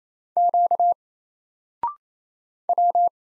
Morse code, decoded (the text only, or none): Q W